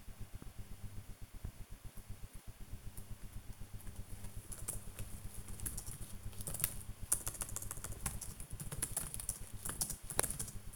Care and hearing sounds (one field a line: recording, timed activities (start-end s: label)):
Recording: household activities, microphone on the right wrist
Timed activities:
0.00-10.76 s: working on the computer